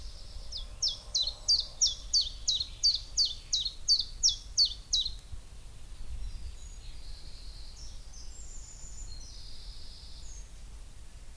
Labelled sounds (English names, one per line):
Common Chiffchaff